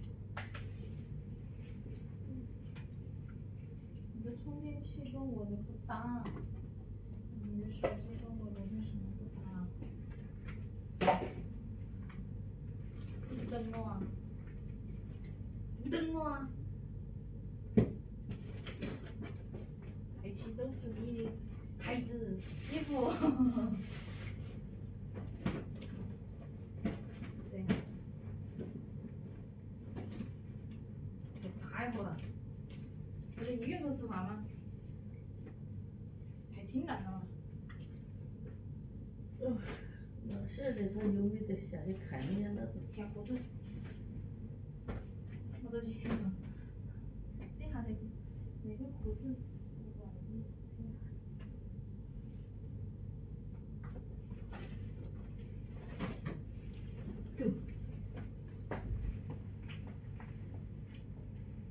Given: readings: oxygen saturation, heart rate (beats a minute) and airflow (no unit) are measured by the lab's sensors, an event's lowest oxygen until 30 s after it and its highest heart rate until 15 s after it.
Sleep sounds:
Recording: a person awake in a sleep study, by a smartphone at the bedside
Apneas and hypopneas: none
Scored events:
0.00-61.70 s: awake
0.00-61.70 s: awake
From the record:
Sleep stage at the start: awake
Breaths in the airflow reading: 18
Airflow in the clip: -0.7 to 0.9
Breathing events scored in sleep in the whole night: 496 in 5.4 hours asleep

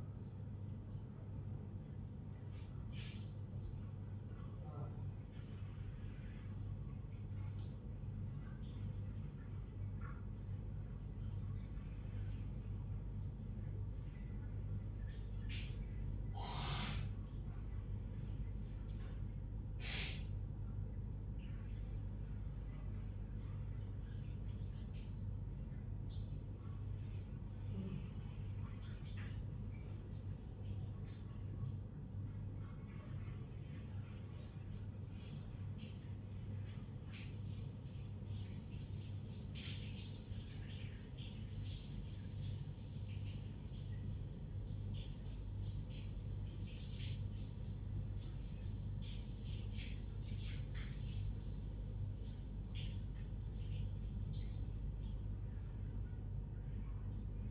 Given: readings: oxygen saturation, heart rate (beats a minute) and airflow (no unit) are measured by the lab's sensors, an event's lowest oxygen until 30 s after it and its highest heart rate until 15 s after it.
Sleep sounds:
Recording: a person awake in a sleep study, by a smartphone at the bedside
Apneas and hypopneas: none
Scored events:
none scored
From the record:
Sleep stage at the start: awake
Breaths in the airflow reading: 17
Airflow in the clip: -0.7 to 0.8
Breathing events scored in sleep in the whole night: 158 in 7.3 hours asleep

